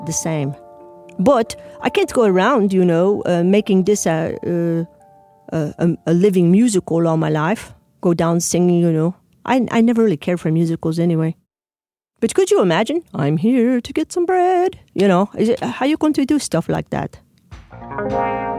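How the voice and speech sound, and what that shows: A woman talks fluently in a mid-pitched voice, with clipped word endings, altered vowels, brief creak and a lilting, syllable-even rhythm that sounds foreign. This is foreign accent syndrome, an acquired change in pronunciation and speech melody heard as a foreign accent, present for 6 years with no known cause; she can recover her original voice only by singing the words in her head.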